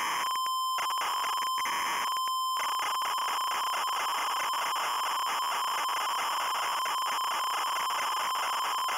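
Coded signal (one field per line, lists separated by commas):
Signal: ZX Spectrum tape loading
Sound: steady buzzy tone near 1 kHz interrupted by harsh crackling data bursts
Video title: Higuain a un paso del Barcelona (ZX Spectrum) - Loading screen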